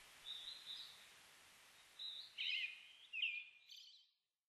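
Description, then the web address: Brown-headed thrush giving quiet, fluty song notes followed by a warbled phrase, after which the sound fades out. Recorded 29 May 2004. "2004 040529 akahara"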